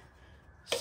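A sidestand base extension is pushed onto the sidestand foot of a Triumph Scrambler 1200 XE motorcycle. After a quiet stretch, a sharp snap at 0.7 s marks it seating into place, pushed up all the way.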